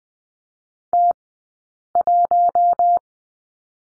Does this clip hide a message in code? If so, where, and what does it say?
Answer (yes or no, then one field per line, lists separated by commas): yes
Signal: Morse code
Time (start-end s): 0.9-3.0 s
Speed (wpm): 20 wpm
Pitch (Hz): 700 Hz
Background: none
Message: T1